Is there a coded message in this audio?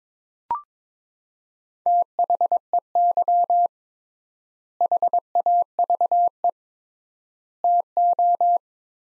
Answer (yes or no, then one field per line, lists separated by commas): yes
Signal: Morse code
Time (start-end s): 1.9-8.6 s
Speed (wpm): 22 wpm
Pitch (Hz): 700 Hz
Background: none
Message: THEY HAVE TO